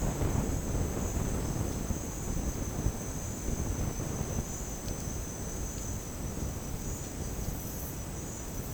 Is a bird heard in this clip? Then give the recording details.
no. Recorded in dense forest near Puerto Asís, Putumayo, Colombia, on 29 June 2025 at 09:30. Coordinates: 0.486, -76.317. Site G065